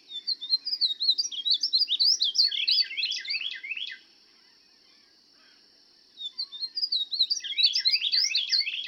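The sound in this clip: Painted Bunting singing a fast, tumbling warble of bright high notes; one long phrase, a two-second pause, then another jumbled musical phrase, with a faint constant high tone behind.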